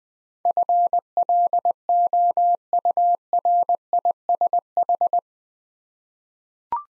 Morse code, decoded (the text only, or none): FLOURISH